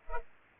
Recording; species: mosquito wingbeat signal from an infrared sensor; Culex pipiens